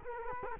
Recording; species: mosquito wingbeat signal from an infrared sensor; Culex quinquefasciatus